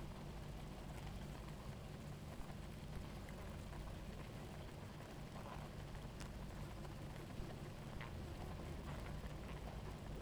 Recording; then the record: honeybee colony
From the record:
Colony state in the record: active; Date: 28 July 2017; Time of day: 17:50